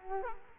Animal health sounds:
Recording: mosquito wingbeat signal from an infrared sensor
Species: Culex quinquefasciatus

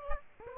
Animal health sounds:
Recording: mosquito wingbeat signal from an infrared sensor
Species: Aedes aegypti

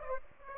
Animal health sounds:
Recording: mosquito wingbeat signal from an infrared sensor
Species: Aedes aegypti

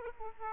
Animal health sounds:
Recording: mosquito wingbeat signal from an infrared sensor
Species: Aedes aegypti

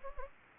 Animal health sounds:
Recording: mosquito wingbeat signal from an infrared sensor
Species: Anopheles gambiae

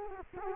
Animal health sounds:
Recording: mosquito wingbeat signal from an infrared sensor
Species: Culex quinquefasciatus

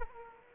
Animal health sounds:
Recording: mosquito wingbeat signal from an infrared sensor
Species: Culex quinquefasciatus

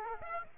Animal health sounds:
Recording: mosquito wingbeat signal from an infrared sensor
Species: Aedes aegypti

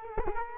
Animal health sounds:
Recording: mosquito wingbeat signal from an infrared sensor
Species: Culex quinquefasciatus

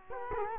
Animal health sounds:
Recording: mosquito wingbeat signal from an infrared sensor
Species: Culex quinquefasciatus

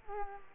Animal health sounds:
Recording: mosquito wingbeat signal from an infrared sensor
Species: Culex quinquefasciatus

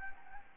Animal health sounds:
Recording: mosquito wingbeat signal from an infrared sensor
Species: Anopheles gambiae

